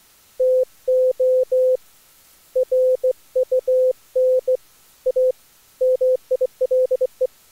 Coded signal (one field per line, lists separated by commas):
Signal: Morse code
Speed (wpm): 23 wpm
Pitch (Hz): 500 Hz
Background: none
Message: TO RUN A MILE